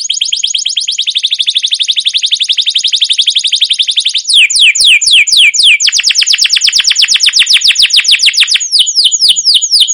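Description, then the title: Canary song: a long fast rattling trill lasting about four seconds, followed by rapid repeated sweeping chirps and rolls, loud and continuous. Canary's long rolling trilled song, used as a lure to stimulate other canaries to sing. "CUIT CUIT NGEROL LANGSUNG GACOR PANJANG Kenari Ini AMPUH Utk Pancingan KENAR. Suara Burung Kenari Gacor Panjang cuit cuit Ngerol untuk Pancingan Kenari"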